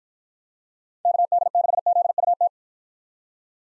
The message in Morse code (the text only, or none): KD6ZUT